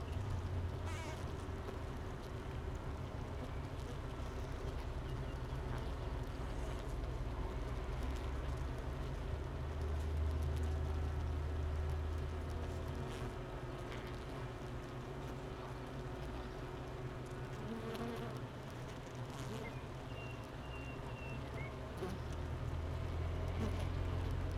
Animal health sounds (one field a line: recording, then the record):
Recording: honeybee colony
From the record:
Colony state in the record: missing queen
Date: 31 May 2018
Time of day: 9:15